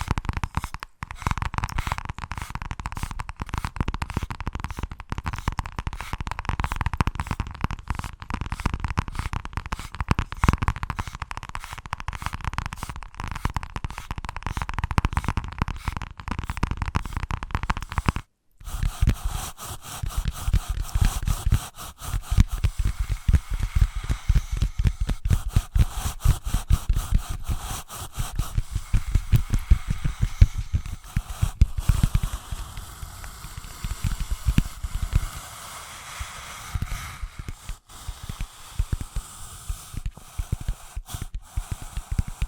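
Invisible tapping, scratching and tracing make a dense, fast run of dry, crackly strokes. After a brief break at about 18 seconds the texture turns brighter and hissier, with busier scratching and occasional sharper taps continuing to the end.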